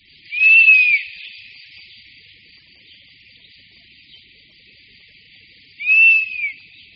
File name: Včelojed-lesní